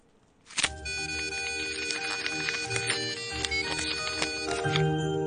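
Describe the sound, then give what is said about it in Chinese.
A telephone rings with a steady, bright electronic tone that starts suddenly and keeps going without a break, its notes shifting slightly in pitch. No one speaks. “每一早上他都要打电话来提我起身啊，穿多件衫啊，翻工未啊，如果没有他的电话我都不知醒啦。”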